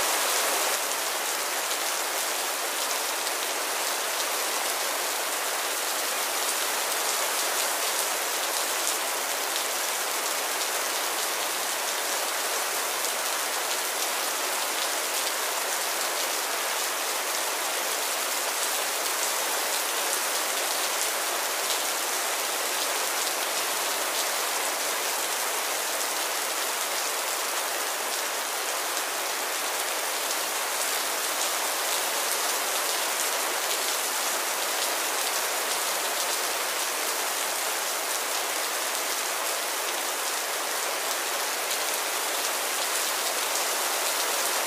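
Steady spring rain falls without a break, a dense hiss of countless drops spread evenly across the upper and middle range. The level holds constant for the whole stretch, with little low rumble and no distinct events standing out from the pattering.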